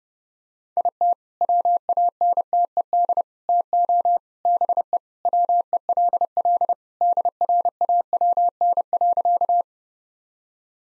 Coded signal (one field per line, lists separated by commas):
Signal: Morse code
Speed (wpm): 30 wpm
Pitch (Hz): 700 Hz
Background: none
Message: IT WANTED TO BE WELL DRAWN.